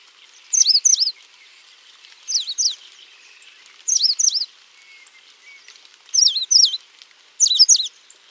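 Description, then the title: Coal-crested finch song: short high buzzy-twangy phrases of two or three looping notes, repeated at irregular intervals, five phrases in all. "LuckyPassaro Completos2Sama. Coal-crested Finch (Charitospiza eucosma)"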